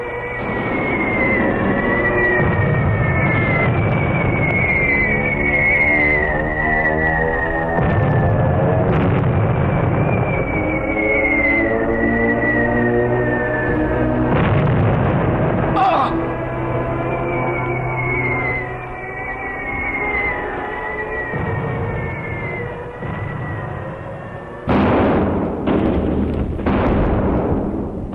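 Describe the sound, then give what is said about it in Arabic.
Artillery cannon fire and explosions boom over a constant low rumble, with whistling tones sliding downward, ending in a cluster of sharp, loud blasts. No one speaks. “أحسن يكون الضرب ده كله عليه. المدفع اللي كان بيغني.”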